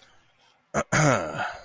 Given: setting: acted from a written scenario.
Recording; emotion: vocal sound without words; pride